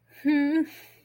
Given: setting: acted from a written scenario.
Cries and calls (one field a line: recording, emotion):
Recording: vocal sound without words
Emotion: sadness